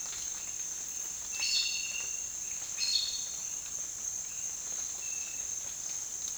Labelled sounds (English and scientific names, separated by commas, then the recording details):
none
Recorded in dense forest near Puerto Asís, Putumayo, Colombia, on 25 June 2025 at 07:30
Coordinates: 0.466, -76.327
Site GP04